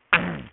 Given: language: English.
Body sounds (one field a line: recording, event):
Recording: throat vibration sensor signal played as sound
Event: throat clearing